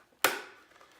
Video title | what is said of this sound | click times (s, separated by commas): Simpson Ghost Bandit Unboxing | got a nice positive click. | 0.2 s